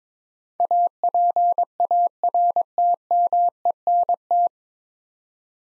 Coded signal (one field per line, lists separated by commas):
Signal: Morse code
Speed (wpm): 21 wpm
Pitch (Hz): 700 Hz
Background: none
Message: APARTMENT